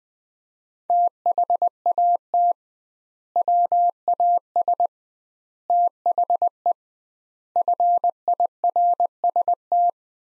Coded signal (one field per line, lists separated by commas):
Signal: Morse code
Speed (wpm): 20 wpm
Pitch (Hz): 700 Hz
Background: none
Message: THAT WAS THE FIRST